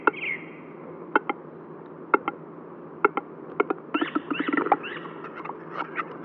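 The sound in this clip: Western capercaillie display song: spaced pairs of dry clicks, then a quickening run of knocking clicks and a short rattling burst, followed by a few scattered clicks at the end.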